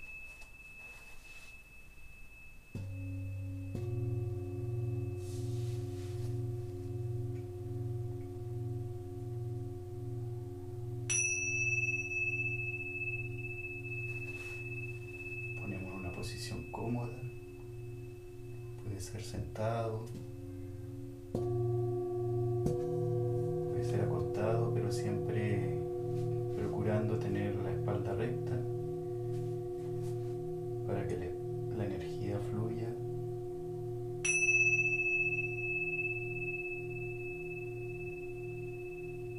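Tibetan singing bowls ring in long, steady layered tones, with low drones and bright struck chimes around 11 and 34 seconds. A voice sings and hums in wavering bursts around 16–20 and 23–33 seconds. The tones swell slowly, overlapping and sustained throughout.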